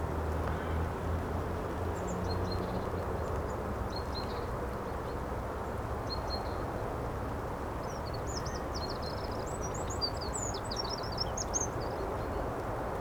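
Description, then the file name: Eurasian wren song: scattered high squeaks early, then a rapid, very high run of trilled and twittering notes near the end, against constant low background rumble. "Troglodytes troglodytes"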